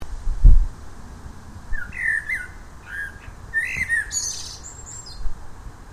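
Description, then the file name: Common blackbird giving a few soft warbled phrases, then a brief high scratchy twitter, with low rumbling background noise. "Turdus merula"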